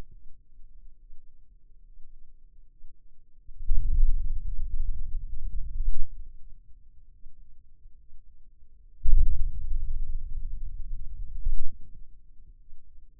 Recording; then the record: forearm muscle sounds (acoustic myography)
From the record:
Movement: hand opening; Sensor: system 2, bracelet of six BSWA MPA416 microphones around the upper forearm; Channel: 5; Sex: male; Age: 22 years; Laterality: right